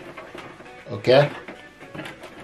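A black inkjet ink cartridge is handled at the carriage slot of an HP Envy Photo 6220 all-in-one printer while someone talks, with a louder burst around 1.1 s. The cartridge has not seated or clicked into the slot yet.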